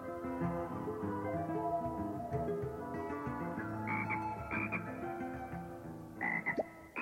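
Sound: frog croaking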